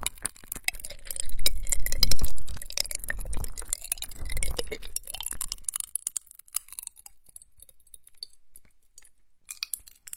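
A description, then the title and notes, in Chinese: Wet mouth sounds with popping candy: dense, bright crackling and fizzing clicks over soft low swells of moist mouth movement for the first six seconds. After that the crackle thins to scattered sharp pops and ticks, fading toward near silence by the end. 跳跳糖 口腔音 湿漉漉。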